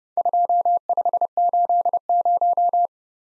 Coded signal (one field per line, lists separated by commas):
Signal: Morse code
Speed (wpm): 30 wpm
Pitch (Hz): 700 Hz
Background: none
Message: 2580